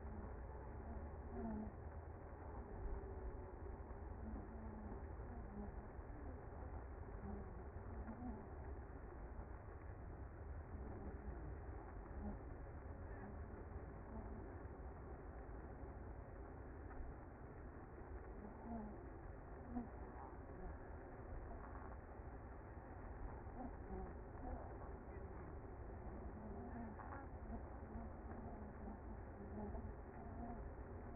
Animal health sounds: honeybee colony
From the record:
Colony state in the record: active

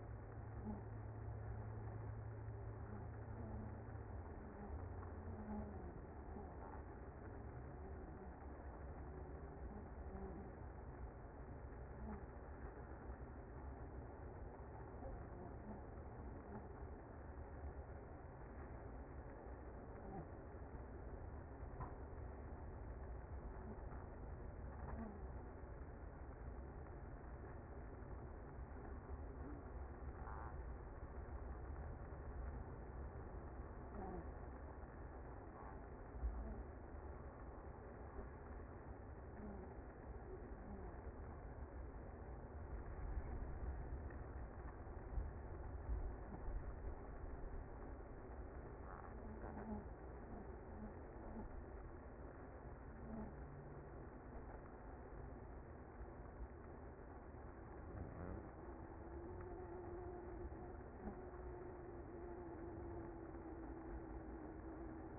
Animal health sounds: honeybee colony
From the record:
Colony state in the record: active

